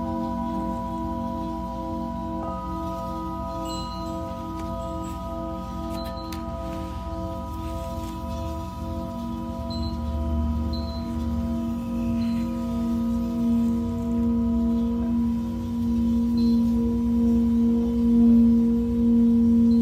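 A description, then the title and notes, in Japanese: A Tibetan singing bowl hums with a steady, sustained ring made of several stacked tones that hold unbroken for the whole clip. A low wavering drone pulses underneath, and the ringing swells gradually louder toward the end, with faint high chiming flecks scattered throughout. 真夜中のシンギングボウルのサウンドヒーリング。チベタンシンギングボウル。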